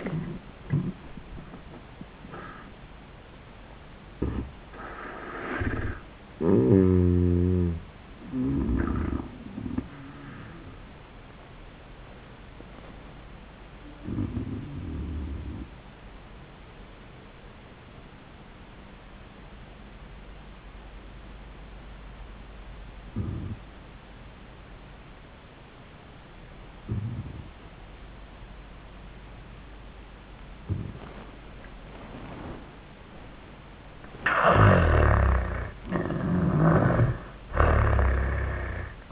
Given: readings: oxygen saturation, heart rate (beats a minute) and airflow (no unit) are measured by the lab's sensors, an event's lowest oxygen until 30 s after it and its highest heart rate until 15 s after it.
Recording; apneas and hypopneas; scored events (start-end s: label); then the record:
breathing in sleep by a voice recorder at the bedside; 1
12.00-34.50 s: hypopnea (N1, oxygen 97% highest, then 78% lowest, heart rate 93 at the start, 93 highest)
From the record:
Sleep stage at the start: N1 (lightest sleep); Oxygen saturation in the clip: 81 to 97%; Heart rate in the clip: 79 to 100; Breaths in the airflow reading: 6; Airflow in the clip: -17.0 to 14.2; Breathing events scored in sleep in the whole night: 400 in 8.7 hours asleep